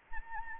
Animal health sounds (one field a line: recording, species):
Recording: mosquito wingbeat signal from an infrared sensor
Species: Anopheles arabiensis